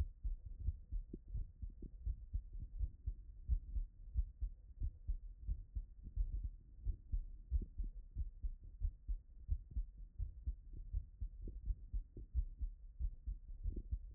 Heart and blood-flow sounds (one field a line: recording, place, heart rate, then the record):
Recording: heart sounds by stethoscope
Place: Erb's point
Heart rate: 83 bpm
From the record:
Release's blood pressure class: elevated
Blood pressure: 125/68 mmHg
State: after exercise